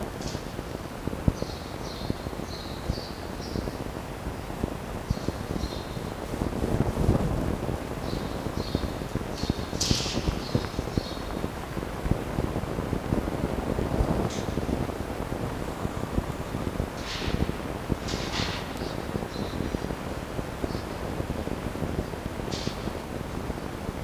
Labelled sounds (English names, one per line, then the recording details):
Red Fox
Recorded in captivity
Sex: diverse
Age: diverse
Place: Zoologisches Institut der HUB, Berlin, DE
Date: 1954-05-23 11:00
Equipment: Elmetra
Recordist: Tembrock, Günter